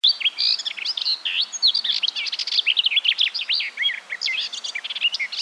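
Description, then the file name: Eurasian blackcap song: a rapid, rich warble of varied whistled and scratchy notes. "Sylvia atricapilla"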